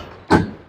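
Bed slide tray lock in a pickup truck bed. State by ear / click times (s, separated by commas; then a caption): seated / 0.3 s. A 1500-lb sliding bed-slide tray in the bed of a 2018 GMC Sierra 1500 service truck is rolled all the way out to full extension. Its lock engages with a single sharp clunk at 0.3 s, and the slide is locked in place.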